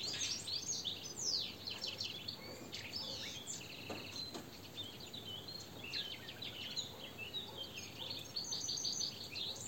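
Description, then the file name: European goldfinch twittering, rapid bright chirps and buzzy notes crowded together throughout, over constant low noise. "Carduelis carduelis"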